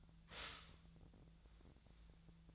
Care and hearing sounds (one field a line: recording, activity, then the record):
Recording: daily activity, microphone in the room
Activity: stop toaster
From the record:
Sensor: 3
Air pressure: 1009.3 hPa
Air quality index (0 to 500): 198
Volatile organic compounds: 17 ppm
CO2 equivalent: 2568 ppm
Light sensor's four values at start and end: 32/81/34/36 and 32/80/34/36